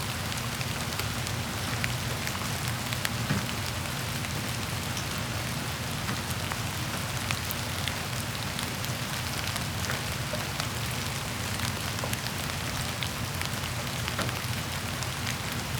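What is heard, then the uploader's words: Light rain falls steadily with dense, crisp patter and scattered sharper drops, over a constant low hum that stays even throughout. One Hour Of Light Rain Sounds.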